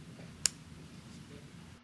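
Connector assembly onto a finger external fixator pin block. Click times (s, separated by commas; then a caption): 0.5 s. A finger external fixator's connector assembly, its half-circle groove lined up with the pivot on the pin block, snaps back onto the pin block with one sharp, bright snap at 0.4 s. The snap stands out clearly over a low, steady background hum, and the connector assembly is seated.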